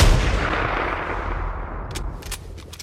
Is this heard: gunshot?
yes